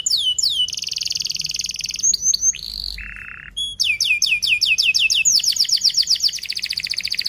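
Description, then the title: Canary singing a fast, varied song of swooping whistles, a long even trill and a lower note, ending in a long quick series of repeated sweeping chirps. Fast, dense, actively singing canary with 'cuit cuit' and rolling phrases, used as a lure song for young canaries learning to sing. "Kenari Gacor Speed RAPAT Cuit Cuit Ngero L Suara Bagus Untuk Pancingan Kenari Paud Belajar Bunyi"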